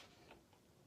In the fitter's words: Et voilà, et là c'est clipsé.